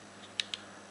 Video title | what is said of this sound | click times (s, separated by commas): Glock 22 slide release swap | maybe a quarter of an inch you hear a little click | 0.4 s